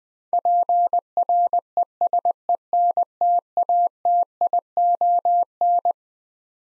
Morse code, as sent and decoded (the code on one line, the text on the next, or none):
.--. .-. . ... . -. - .- - .. --- -.
PRESENTATION